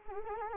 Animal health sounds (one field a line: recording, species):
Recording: mosquito wingbeat signal from an infrared sensor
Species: Anopheles arabiensis